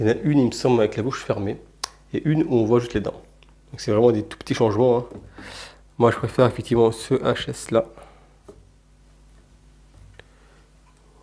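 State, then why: Seated. Someone talks for about eight seconds while an interchangeable resin head for a 1/4 scale Son Goku SSJ3 statue from KD Collectibles is swapped in. In the quieter stretch that follows, the head is pushed onto the statue's neck joint, and a short sharp tap at 10.2 s marks it seating in place.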